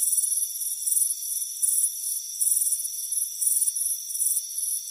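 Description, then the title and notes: Crickets chirping: high, shrill pulsed chirps repeated several times a second over a steady high-pitched hum. Crickets chirping on a warm afternoon on a front porch, a soothing sound. "Soothing Crickets Chirping Sound. It's a warm afternoon as you relax in a hammock on the front porch. Relax and fall asleep to the soothing sound of chirping crickets. Deep Sleep Sounds"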